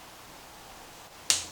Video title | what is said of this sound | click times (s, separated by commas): HOW TO: TRAXXAS HOSS Front Halfshaft Change | and push them together until you hear it pop. | 1.3 s